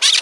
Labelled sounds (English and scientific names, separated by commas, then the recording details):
Brown-throated Parakeet (Eupsittula pertinax) contact call
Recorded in Margarita
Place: San Francisco, near stadium
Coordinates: 11.018, -64.294